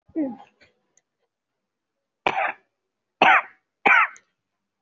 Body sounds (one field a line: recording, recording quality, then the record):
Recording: shallow voluntary cough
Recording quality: excellent, no background noise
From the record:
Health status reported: COVID-19 positive, mild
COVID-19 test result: positive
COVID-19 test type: RT-PCR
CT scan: taken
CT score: 2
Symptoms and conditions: sore throat, fatigue, muscle pain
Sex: female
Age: 64 years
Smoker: no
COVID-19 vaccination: both doses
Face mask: worn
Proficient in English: yes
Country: India